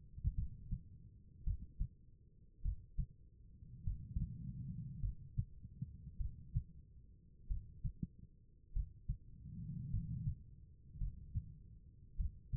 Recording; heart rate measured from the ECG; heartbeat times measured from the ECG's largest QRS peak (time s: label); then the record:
heart sounds by stethoscope; 51 bpm
0.35 s: heartbeat
1.44 s: heartbeat
2.62 s: heartbeat
3.84 s: heartbeat
5.00 s: heartbeat
6.17 s: heartbeat
7.48 s: heartbeat
8.73 s: heartbeat
9.91 s: heartbeat
10.98 s: heartbeat
12.17 s: heartbeat
From the record:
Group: healthy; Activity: cold pressor test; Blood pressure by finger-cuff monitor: 109/71 mmHg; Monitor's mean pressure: 85 mmHg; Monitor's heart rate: 51 bpm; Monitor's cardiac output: 4.5 L/min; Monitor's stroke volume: 87 mL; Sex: female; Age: 36 years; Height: 163 cm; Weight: 88 kg